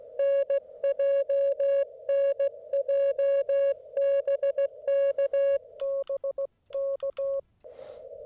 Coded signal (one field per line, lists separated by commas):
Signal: Morse code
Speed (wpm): 16 wpm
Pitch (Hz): 550 Hz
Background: music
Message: NJ NJ BK BK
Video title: Don't Like to Activate POTA With Headphones? - WATCH THIS!